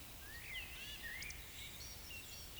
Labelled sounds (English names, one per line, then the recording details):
Eurasian Woodcock whistle
Eurasian Woodcock croak
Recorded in Baden-Württemberg, Germany, on 10 May 2021 at 19:11 UTC
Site 24606, 635 m above sea level